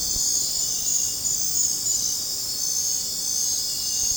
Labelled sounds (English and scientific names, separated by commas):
none